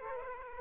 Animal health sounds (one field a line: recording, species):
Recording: mosquito wingbeat signal from an infrared sensor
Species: Aedes aegypti